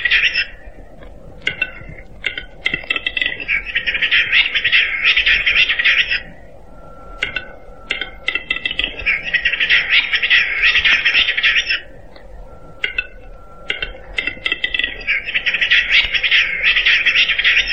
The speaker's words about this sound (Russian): А вот посмотри, купаются в белом снегу глухари.